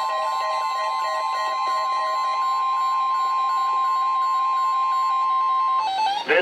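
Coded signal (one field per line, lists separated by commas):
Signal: Emergency Alert System (SAME) tones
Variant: 1050 Hz attention tone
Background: music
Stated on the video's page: Weekly test from weather radio transmitters KHB36 and WXM42, received on many weather radios.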